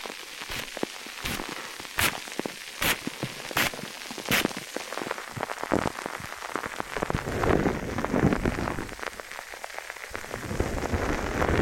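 Tape crackles and taps over mics in a dense, rain-like patter, with sharp regular snaps in the first four seconds, then busier rustling.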